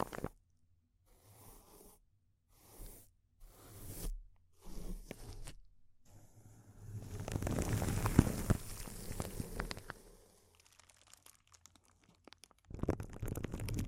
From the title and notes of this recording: ASMR Intense Close-Up Crinkles (No Talking).